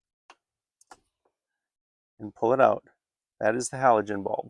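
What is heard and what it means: The wire or spring retaining clamp holding the halogen bulb in a 5th Gen Toyota 4Runner headlight housing is unclipped by hand, ahead of an Oxilam LED bulb replacement, releasing the bulb. A sharp tick sounds at 0.3 s, followed by two smaller ticks at 0.8 s and 0.9 s. Then someone talks.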